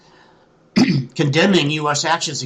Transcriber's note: clears throat